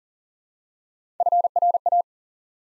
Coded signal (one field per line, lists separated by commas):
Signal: Morse code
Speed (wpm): 40 wpm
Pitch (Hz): 700 Hz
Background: none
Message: FRA